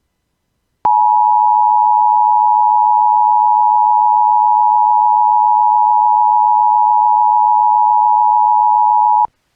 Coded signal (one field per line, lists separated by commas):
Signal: Emergency Alert System (SAME) tones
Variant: 853 and 960 Hz attention tone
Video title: EAS Required Monthly Test and RWT Minnesota NOAA Weather Radio KEC65 and KNXR/KOWZ Rochester/Mankato